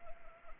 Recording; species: mosquito wingbeat signal from an infrared sensor; Anopheles arabiensis